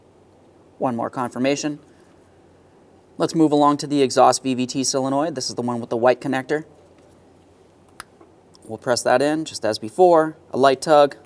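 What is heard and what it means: Someone talks while a white plastic electrical connector is pressed onto the exhaust VVT solenoid of a 2015-2020 Ford F-150 3.5L V6, done the same way as the intake one. A sharp click at 8.0 s, followed by two fainter ticks, marks the connector seating.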